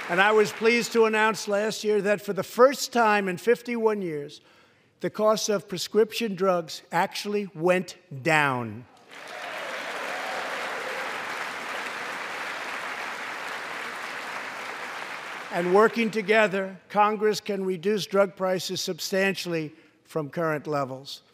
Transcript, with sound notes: And I was pleased to announce last year that, for the first time in 51 years, the cost of prescription drugs actually went down. (Applause.) And working together, Congress can reduce drug prices substantially from current levels.